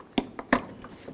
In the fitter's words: I got a nice click from that.